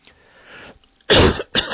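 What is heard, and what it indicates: After a brief quiet pause, an adult man gives two loud, harsh coughs in quick succession, the first longer and stronger than the second. It is an isolated cough during talk, from a respiratory virus caught about two to three weeks earlier that is trying to come back, heard in a small indoor room.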